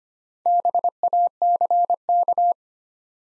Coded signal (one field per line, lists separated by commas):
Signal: Morse code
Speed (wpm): 25 wpm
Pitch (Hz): 700 Hz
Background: none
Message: BACK